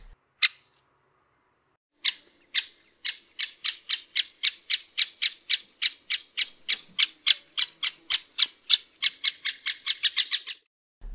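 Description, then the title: Great spotted woodpecker calling: sharp, high 'kik' notes, first spaced out, then a long, quick, evenly repeated series that speeds up at the end. "Nagy fakopács (Dendrocopos major)"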